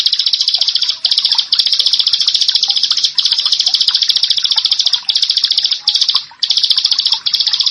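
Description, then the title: Bar-winged prinia song, a loud, rapid high buzzy trill delivered in bursts separated by short gaps every second or two. "Ciblek Sawah"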